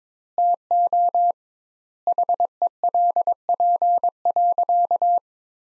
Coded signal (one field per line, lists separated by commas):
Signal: Morse code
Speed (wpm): 21 wpm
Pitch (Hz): 700 Hz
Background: none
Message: TO HELP.